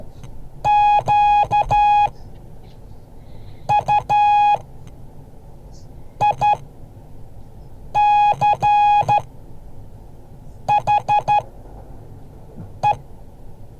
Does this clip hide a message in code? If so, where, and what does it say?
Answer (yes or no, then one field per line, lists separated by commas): yes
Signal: Morse code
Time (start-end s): 0.7-12.9 s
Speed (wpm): 12 wpm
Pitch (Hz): 830 Hz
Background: none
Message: QUICHE